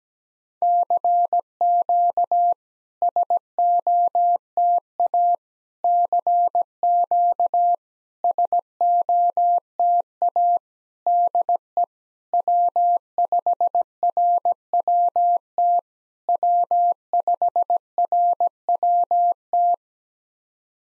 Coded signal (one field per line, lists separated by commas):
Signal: Morse code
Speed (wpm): 17 wpm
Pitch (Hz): 700 Hz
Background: none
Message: CQ SOTA CQ SOTA DE W5RWT W5RWT